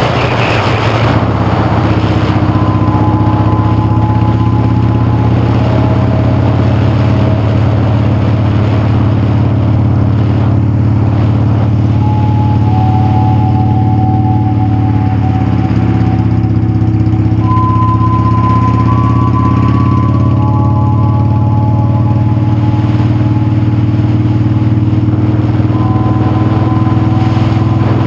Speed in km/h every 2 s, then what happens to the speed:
31, 34, 35, 39, 31, 32, 42, 34, 31, 37, 34, 37, 40, 40.
0-9 steady at about 34. 9-11 speeds up to 42. 16-18 speeds up to 37. 18-28 steady at about 37.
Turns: 10-15.